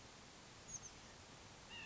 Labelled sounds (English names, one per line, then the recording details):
Oak Titmouse
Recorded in Sonoma County, California